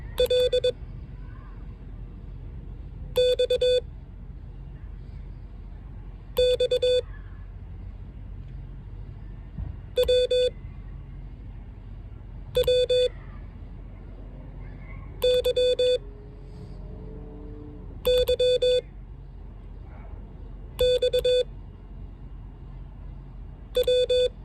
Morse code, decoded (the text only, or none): L X X W W Y Y X W